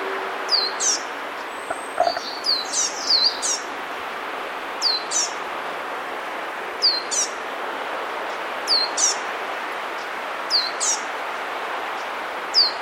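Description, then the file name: Eurasian blue tit calling with sharp high downslurred notes, mostly doubled, spaced every one to two seconds amid steady noise. "Cyanistes caeruleus"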